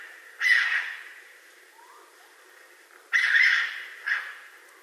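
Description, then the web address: Raccoon giving two harsh, screeching bursts about two and a half seconds apart, each fading slowly, followed by a shorter third burst, with a faint rising chirp between the first two. Recorded 20 March 2012. "Raccoon 2012 03 20"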